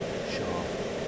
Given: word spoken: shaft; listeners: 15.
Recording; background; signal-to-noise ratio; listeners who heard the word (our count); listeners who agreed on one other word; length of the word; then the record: one English word in noise, from a listening test; speech-shaped noise; -5.8 dB; 0 of 15; 9 of 15; 0.68 s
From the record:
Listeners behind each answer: 9, 3, 1, 1, 1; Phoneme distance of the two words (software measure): 17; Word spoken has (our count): 1 syllable, 4 phonemes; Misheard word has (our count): 1 syllable, 3 phonemes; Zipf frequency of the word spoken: 3.60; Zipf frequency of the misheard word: 4.55